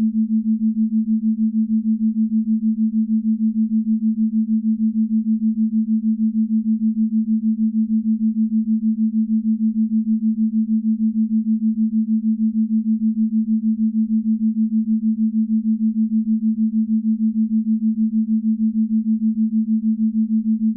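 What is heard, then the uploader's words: A 6.45 Hz theta-wave binaural beat: a single low, pure tone holds perfectly steady for the whole clip. Its loudness wavers in a fast, even pulse, with no other sounds, pauses or changes. 6.45 Hz Theta Waves Binaural Beats.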